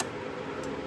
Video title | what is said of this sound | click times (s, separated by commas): C8 corvette Bad News Racing tune - HPtuners unlock - ECM (ecu) removal | Click. There you go. | 0.0 s